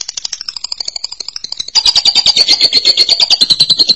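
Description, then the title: Lovebird trilling: a softer rapid chatter that suddenly grows louder and harsher halfway through, continuing as a dense high buzzy rattle. "BM Suara Burung Lovebird"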